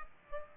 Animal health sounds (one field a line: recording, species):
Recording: mosquito wingbeat signal from an infrared sensor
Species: Aedes aegypti